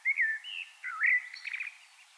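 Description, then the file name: Common blackbird singing a fluty, warbled phrase of low whistles that ends in a short, squeaky twitter. "Turdus merula"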